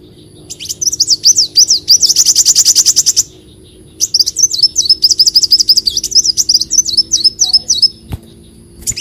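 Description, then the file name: Leafbird song: rapid high whistled notes rising and falling in quick repeated phrases, with a dense buzzy trill early on, a pause, then more fast looping whistles. "Tieng chim xanh tim"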